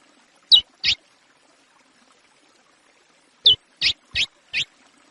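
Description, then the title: Chestnut-bellied seed finch song: two short, bright whistled notes, a pause of over two seconds, then a quick run of four similar high notes. The background is quiet. Classic Praia song style of the chestnut-bellied seed finch, used for training young birds. "CURIÓ CANTO PRAIA CLÁ SSICO PARA TREINAMENTO DE FILHOTES"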